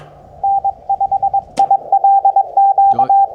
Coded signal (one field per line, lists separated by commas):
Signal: Morse code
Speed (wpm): 22 wpm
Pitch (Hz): 790 Hz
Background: radio noise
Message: N5ILQ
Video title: Dipole vs Vertical for DX: Why Ground Matters